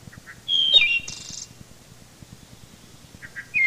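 Wood thrush song with quiet opening notes, a clear descending flute-like phrase and a buzzy high trill, then soft notes leading into the next phrase.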